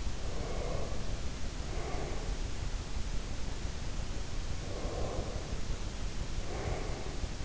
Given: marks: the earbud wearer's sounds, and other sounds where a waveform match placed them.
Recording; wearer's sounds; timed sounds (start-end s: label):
sounds in sleep by an in-ear microphone; breath
0.11-2.50 s: breath
4.38-7.16 s: breath